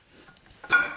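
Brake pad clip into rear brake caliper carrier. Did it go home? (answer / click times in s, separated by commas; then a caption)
yes / 0.5 s. A brake pad and its retaining clip are pressed into a Range Rover's rear brake caliper carrier after greasing, with grease kept off the friction surface. Faint metallic handling ticks lead to a short metallic snap at 0.5 s as the clip seats, followed by a louder, ringing metallic clatter. The clip is seated in place.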